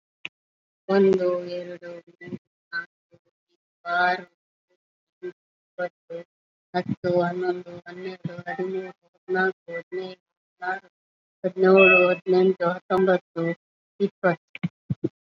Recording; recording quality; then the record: counting at a normal pace; excellent, no background noise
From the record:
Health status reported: COVID-19 positive, moderate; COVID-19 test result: positive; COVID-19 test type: RT-PCR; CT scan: taken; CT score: 1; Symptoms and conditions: breathing difficulty, hypertension, diabetes, ischaemic heart disease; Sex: male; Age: 40 years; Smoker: no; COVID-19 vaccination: both doses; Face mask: not worn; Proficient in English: no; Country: India